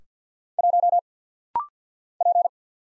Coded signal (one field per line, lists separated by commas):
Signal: Morse code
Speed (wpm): 50 wpm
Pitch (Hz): 700 Hz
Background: none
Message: 1 P